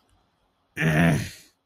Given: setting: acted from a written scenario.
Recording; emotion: vocal sound without words; contempt